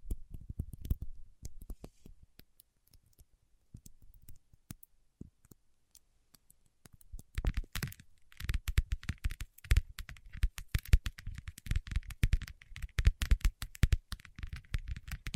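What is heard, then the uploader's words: Wax rubbed and pressed by fingertips makes a run of small clicks, crackles and soft thumps. The first seven seconds are sparse, with scattered taps and quiet gaps. After about seven seconds the crackling turns dense and busy, with rapid sticky clicks continuing to the end. ASMR with Wax Fingertips for Sleep (No Talking).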